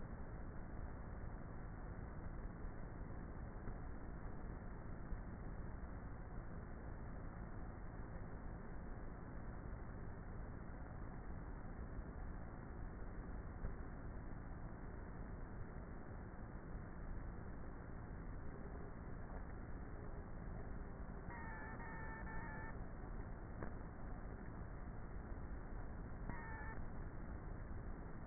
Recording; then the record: honeybee colony, microphone inside the hive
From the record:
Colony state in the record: queenless with a low population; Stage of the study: before two queens were removed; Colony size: about 30,000 bees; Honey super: no